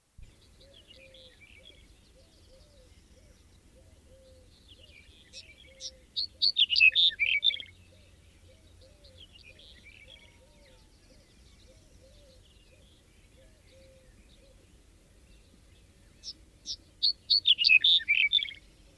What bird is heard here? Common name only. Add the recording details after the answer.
Black-headed Bunting. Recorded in the wild. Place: Ljubimez, Khaskovo, BG. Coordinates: 41.847, 26.086. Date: 1974-05-31. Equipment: Nagra III BH, Sennheiser MD 21, parabola. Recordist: Schubert, Michael